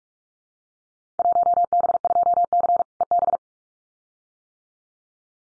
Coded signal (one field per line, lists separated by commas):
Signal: Morse code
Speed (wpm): 44 wpm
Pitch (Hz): 700 Hz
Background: none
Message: 1B2C EB